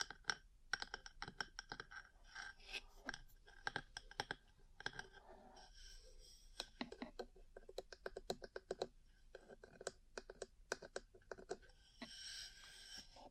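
Ear cleaning and tapping produce dense, irregular clicks and crisp taps, with occasional soft rubbing swishes, including a brighter scratchy stretch near the end.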